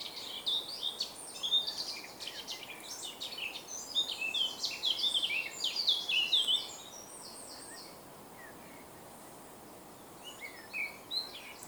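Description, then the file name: Eurasian blackcap delivering a long, hurried warble of scratchy and clear notes lasting over six seconds, then a pause and a few more brief phrases. "Sylvia atricapilla"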